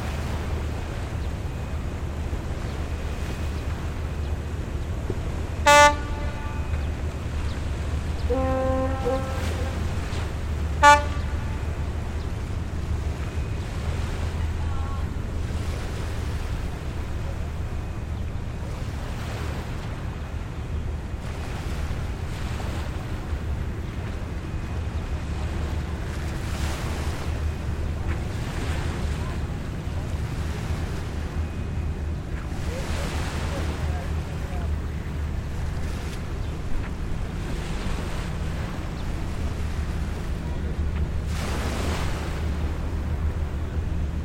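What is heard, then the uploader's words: Steady coastal ambience with a constant low rumble of waves and boats, a few sharp clanks near six and eleven seconds, and faint noise. Besiktas Coast, Istanbul, TR. Ambient sound of Besiktas Coast. Recorded with Zoom H6, using X/Y Mic capsule.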